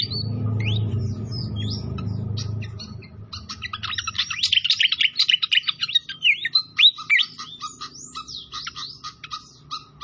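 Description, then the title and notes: Pied fantail singing: sparse chirps over loud gurgling water at first, then a lively burst of sharp notes and swooping whistles as the water fades. Masteran training of a clear song mixed with the sound of flowing water. "Masteran Sikatan Kipas Suara Jernih Dan Suara Gemericik Air. Suara Burung Sikatan Londo"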